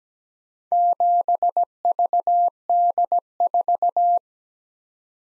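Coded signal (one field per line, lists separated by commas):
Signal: Morse code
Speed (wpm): 17 wpm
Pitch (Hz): 700 Hz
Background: none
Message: 7VD4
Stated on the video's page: Morse code practice at 17 wpm: random four-character letter-number groups for head-copy, sent, then spoken, then sent again.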